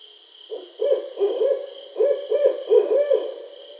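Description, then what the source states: Barred owl hooting in two rhythmic bursts of low, rounded notes, several hoots each, over a steady high hiss. Recorded 20 July 2012.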